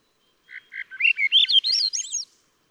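Swainson's thrush song: a few soft introductory notes, then a rapid series of liquid, flute-like whistles spiraling upward.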